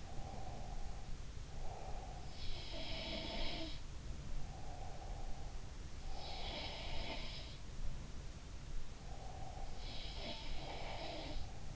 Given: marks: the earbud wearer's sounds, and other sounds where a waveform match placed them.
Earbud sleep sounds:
sounds in sleep by an in-ear microphone; breath
0.00-2.34 s: breath
2.49-3.96 s: sound from someone else or the room
4.30-6.82 s: breath
6.28-7.54 s: sound from someone else or the room
9.22-11.76 s: breath
9.76-11.42 s: sound from someone else or the room

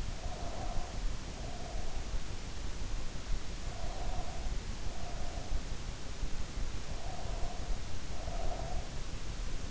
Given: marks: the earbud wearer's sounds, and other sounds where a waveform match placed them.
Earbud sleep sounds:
sounds in sleep by an in-ear microphone; breath
0.00-2.11 s: breath
3.58-5.99 s: breath
6.75-9.19 s: breath

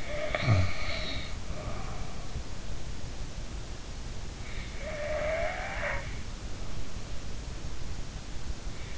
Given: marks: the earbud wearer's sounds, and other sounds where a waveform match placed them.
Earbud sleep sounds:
sounds in sleep by an in-ear microphone; snoring breath
0.00-2.01 s: snoring breath
4.90-6.16 s: snoring breath

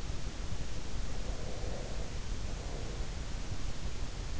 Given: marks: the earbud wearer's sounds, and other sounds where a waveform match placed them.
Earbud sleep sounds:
sounds in sleep by an in-ear microphone; breath
1.22-3.50 s: breath

